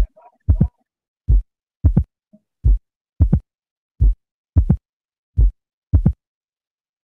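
Simulated heart sounds with a regular rhythm of low thuds. Several beats carry an extra sharp sound shortly after the second heart sound. This is an opening snap, heard over the mitral valve area: the sound of a stiff, narrowed mitral valve snapping open in mitral stenosis.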